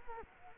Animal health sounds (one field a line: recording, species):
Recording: mosquito wingbeat signal from an infrared sensor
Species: Culex quinquefasciatus